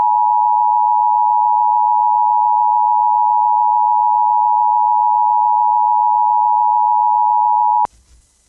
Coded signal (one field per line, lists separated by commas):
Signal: Emergency Alert System (SAME) tones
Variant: 853 and 960 Hz attention tone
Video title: EAS Recreation: TORNADO EMERGENCY FOR PLEVNA